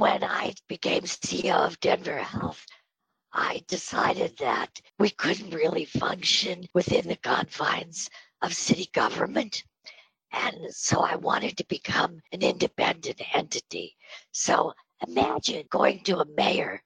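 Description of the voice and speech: Adult woman speaking in a breathy voice, with spasmodic dysphonia treated with Botox, which causes the breathiness.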